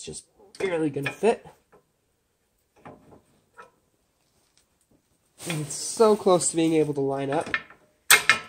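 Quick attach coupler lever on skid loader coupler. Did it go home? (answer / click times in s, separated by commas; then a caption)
yes / 8.3 s. Someone talks while forcing the steel quick attach coupler lever on a skid loader coupler over center, lining up the new latch parts. At 8.3 s a loud metallic pop is heard as the lever snaps over into the locked position, and the lever is locked.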